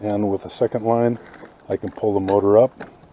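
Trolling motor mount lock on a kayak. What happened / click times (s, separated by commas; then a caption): No seating click; the mount has not locked yet / none. Someone talks while the trolling motor on an Ozark Trail Pro Angler 12 kayak mount is handled and pulled up with a second line so the mount can lock in the raised position. Nothing has seated or clicked yet; the clip ends just before the motor mount locks.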